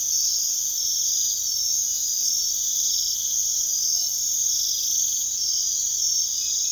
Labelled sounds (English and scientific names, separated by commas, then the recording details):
none
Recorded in secondary vegetation near Puerto Asís, Putumayo, Colombia, on 20 February 2024 at 05:00
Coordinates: 0.500, -76.326
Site G6428